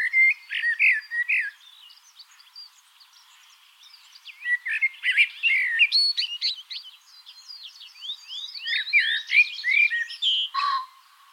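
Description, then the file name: Common blackbird, several fluted warbling phrases, each trailing into scratchy, high twitters, with brief pauses between them. "Turdus merula"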